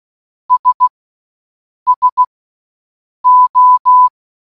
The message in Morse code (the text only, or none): S SO